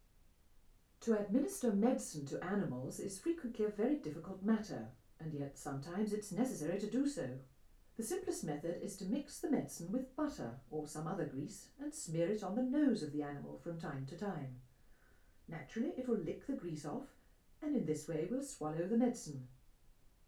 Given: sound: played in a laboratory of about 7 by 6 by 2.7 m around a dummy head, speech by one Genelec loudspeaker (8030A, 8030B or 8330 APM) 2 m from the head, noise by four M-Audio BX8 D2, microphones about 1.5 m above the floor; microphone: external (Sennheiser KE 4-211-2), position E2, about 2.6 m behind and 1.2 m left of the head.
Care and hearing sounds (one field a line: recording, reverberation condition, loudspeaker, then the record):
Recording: female speech in English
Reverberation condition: low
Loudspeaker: 90 degrees to the left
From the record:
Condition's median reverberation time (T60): about 310 ms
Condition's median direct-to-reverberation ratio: about 3.5 dB